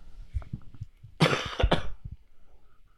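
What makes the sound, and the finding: Imitated cough. Cough.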